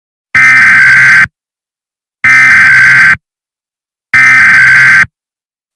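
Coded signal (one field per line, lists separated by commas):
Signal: Emergency Alert System (SAME) tones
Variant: header bursts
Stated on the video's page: Fake EAS scenario, not a real alert.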